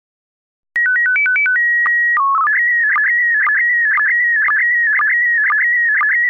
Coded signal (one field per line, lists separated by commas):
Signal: SSTV (slow-scan television)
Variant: PD 120